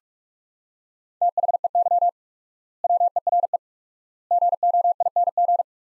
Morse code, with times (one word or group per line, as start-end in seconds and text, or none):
1.2-2.1 THEY
2.8-3.6 WERE
4.3-5.6 GOING